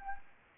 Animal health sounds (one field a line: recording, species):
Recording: mosquito wingbeat signal from an infrared sensor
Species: Anopheles arabiensis